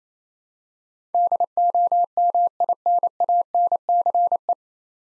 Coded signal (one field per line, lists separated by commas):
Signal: Morse code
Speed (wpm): 28 wpm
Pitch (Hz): 700 Hz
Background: none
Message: DOMINANCE